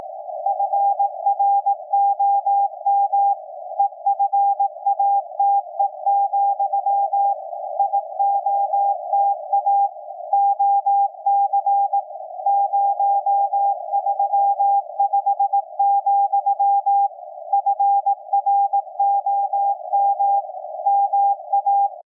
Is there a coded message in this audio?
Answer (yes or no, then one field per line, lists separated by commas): yes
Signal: Morse code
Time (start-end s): 0.5-21.9 s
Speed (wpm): 18 wpm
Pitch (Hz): 800 Hz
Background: none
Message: FROM EFATE, IOTA OC 035, FROM MA